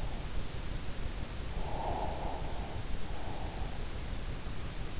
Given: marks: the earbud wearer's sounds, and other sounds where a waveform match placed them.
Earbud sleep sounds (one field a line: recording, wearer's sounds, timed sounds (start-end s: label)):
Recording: sounds in sleep by an in-ear microphone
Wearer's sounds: breath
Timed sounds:
1.81-3.60 s: breath